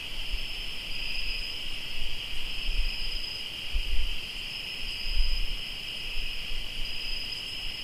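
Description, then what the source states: Cricket: steady shrill trilling fills the recording, the high bands pulsing slightly, with scattered low rumbles beneath. Crickets chirping, recorded in Tlayacapan, Morelos.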